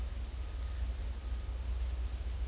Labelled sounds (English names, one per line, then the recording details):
none
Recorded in dense forest near Puerto Asís, Putumayo, Colombia, on 16 December 2024 at 13:00
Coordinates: 0.466, -76.327
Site G075